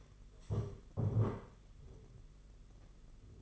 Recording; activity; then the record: daily activity, microphone in the room; stand up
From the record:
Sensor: 4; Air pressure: 992.5 hPa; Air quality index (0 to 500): 122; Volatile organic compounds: 32 ppm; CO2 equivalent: 2996 ppm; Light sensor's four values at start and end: 20/72/26/28 and 20/72/26/28